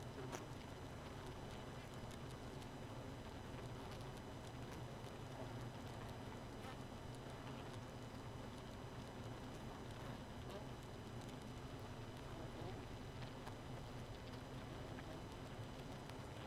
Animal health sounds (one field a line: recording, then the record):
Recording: honeybee colony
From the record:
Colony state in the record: missing queen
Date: 31 May 2018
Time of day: 0:47